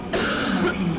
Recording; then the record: coughing mixed with background sound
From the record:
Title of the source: female coughing - coughing sound effects girl